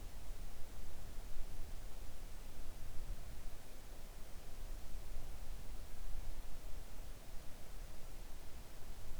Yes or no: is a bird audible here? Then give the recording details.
no. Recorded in the Arctic National Wildlife Refuge, Alaska, on 3 August 2019 at 05:16. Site 41